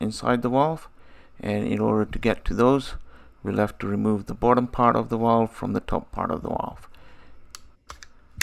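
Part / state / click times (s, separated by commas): lower body of a pool filter air relief valve rotated in its upper body / released / 8.4 s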